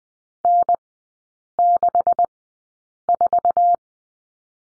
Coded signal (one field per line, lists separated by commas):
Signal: Morse code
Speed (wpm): 20 wpm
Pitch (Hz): 700 Hz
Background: none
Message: N64